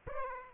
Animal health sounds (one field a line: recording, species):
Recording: mosquito wingbeat signal from an infrared sensor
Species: Aedes aegypti